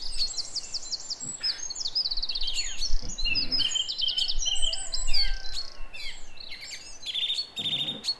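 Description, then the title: Song thrush singing short whistled and trilled phrases, several repeated two or three times in quick succession. Recorded at 06h in Durenne. "Zanglijster 06h Durenne"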